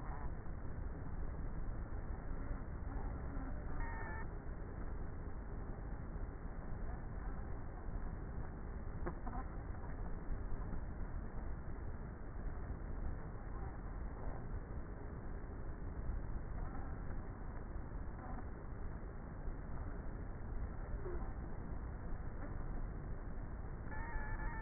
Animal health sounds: honeybee colony, microphone inside the hive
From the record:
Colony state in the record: queenless with a low population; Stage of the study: before two queens were removed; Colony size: about 30,000 bees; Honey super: no

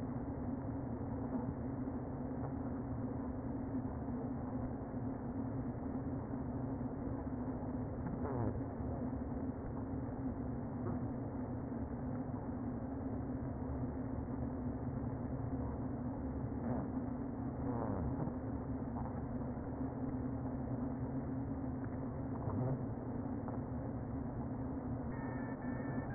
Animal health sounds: honeybee colony, microphone inside the hive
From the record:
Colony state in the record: queen present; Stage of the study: before two queens were removed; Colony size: about 60,000 bees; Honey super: yes

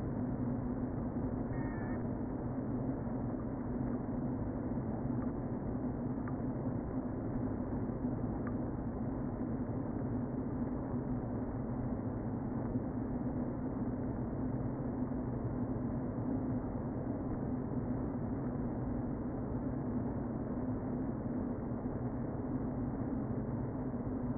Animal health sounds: honeybee colony, microphone inside the hive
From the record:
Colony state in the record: queen present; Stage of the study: before two queens were removed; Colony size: about 60,000 bees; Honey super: yes

